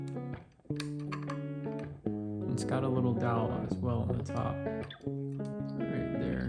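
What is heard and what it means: A replacement potentiometer for a Raw Thrills Jurassic Park arcade gun/control assembly is handled and worked toward its mounting bracket and over a small locating dowel, while guitar music plays in the background and someone talks. Nothing has seated or clicked yet.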